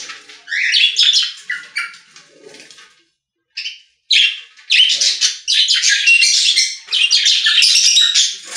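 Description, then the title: Budgerigar chatter, rapid buzzy and whistled notes in dense runs, a brief pause near the middle, then continuous warbling. "Budgie Sounds"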